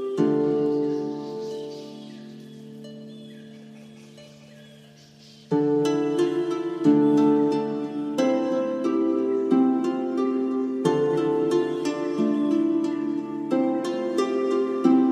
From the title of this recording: Mystical Celtic music. Nature sounds